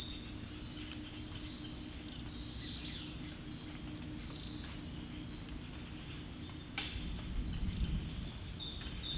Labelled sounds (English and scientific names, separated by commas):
none